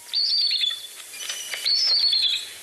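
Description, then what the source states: Bald Eagle giving high, thin squeaky calls in two descending chattering bursts, like a creaking door. Call described as a squeaky-door-like sound.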